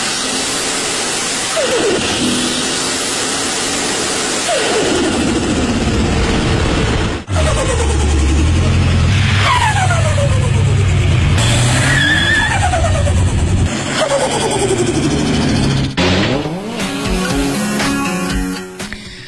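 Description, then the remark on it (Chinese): A turbocharged car engine revs repeatedly, each burst rising then dropping, with a high whistling turbo spool and sharp hissing blow-off pressure releases between revs. It is loud and steady, and no one speaks. “然后但是涡轮增压的话，就会有那种高压锅的声音，泄压那个，咻， 对， 真不好意思， 包括进去， 我还找了一段这涡轮增压声音， 看我学的像不像呗？”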